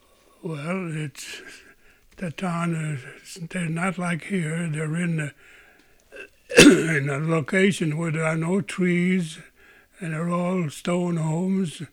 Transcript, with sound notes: Well, the town, they're not like here. They're in, ( he coughs ) they're in a location where there are no trees and there are all stone homes